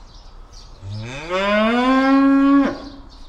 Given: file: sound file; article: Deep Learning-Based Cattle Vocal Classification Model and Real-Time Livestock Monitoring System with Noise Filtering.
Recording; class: cattle; estrus call